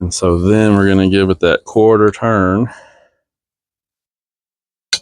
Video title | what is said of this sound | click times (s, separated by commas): 6.7 Powerstroke Cold Side Intercooler Hose Replacement with Rudy's Performance Kit! Very Economical! | until it locks into place. Did you hear that? | 4.9 s